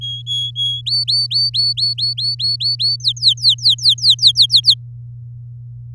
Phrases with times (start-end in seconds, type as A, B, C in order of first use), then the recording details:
0.01-0.81 A, 0.86-2.96 B, 3.00-4.74 C. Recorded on 8 May 2018 at 14:59. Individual llb16